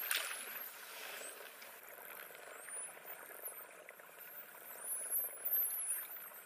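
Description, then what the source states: Dolphin whistles, a brief glide at the start and a cluster of quick looping high tones near the end, over crackling underwater hiss. Voices with whistles.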